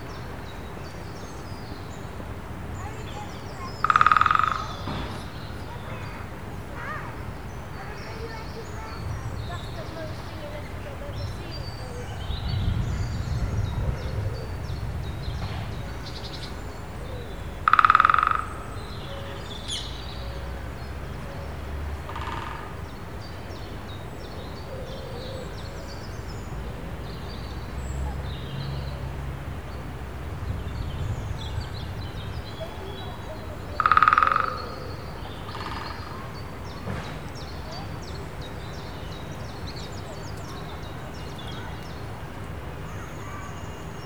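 Woodpeckers in a park give three short, loud bursts of rapid drumming, at about 4, 18 and 34 seconds, each lasting around a second. Between them, a steady low rumble of traffic and a faint hum continue, with occasional soft bird notes.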